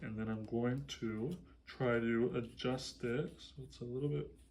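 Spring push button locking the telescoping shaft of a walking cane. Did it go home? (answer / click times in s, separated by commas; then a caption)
no / none. Someone talks while adjusting the height of a metal walking cane, pressing its gold spring push button to slide the telescoping shaft because it sits slightly above the wrist crease and is a little too high. Nothing has seated or clicked into place yet.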